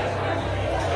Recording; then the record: background sound without coughing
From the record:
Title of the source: CITY SOUNDS Busy Bar in the Evening Night - 2 HOURS of Ambiance for Relaxation